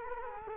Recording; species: mosquito wingbeat signal from an infrared sensor; Culex quinquefasciatus